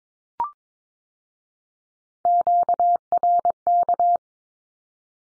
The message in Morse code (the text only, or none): QRK